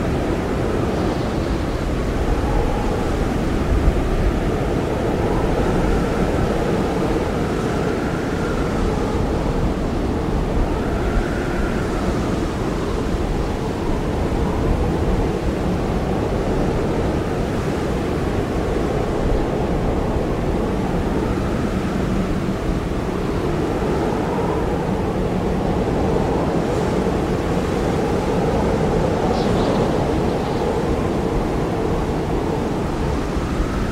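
Howling winds drive a winter snowstorm in a dense, unbroken roar heavy in the low end. Thin whistling tones rise and fall above it every few seconds, most clearly near 11 and 24 seconds, while the overall loudness stays steady throughout.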